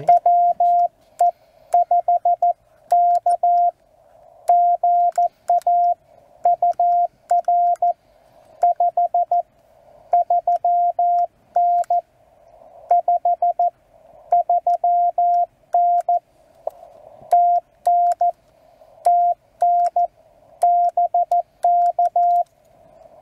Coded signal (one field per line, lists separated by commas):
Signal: Morse code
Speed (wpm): 14 wpm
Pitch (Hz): 700 Hz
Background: radio noise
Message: WE5K GA UR 53N 53N TN TN BK